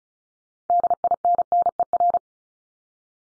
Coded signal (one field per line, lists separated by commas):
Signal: Morse code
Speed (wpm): 36 wpm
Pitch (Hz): 700 Hz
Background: none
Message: DINNER